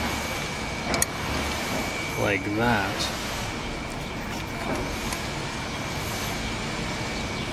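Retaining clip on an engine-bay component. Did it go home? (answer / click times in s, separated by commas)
no / none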